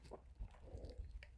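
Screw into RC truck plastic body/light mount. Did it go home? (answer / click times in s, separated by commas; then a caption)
yes / 1.2 s. A screw that had been spinning in place in the plastic body of a Traxxas Stampede RC truck, during an LED light kit install, finally catches with a small click at 1.2 seconds. Before the click there is low rustling and handling noise. The screw is seated.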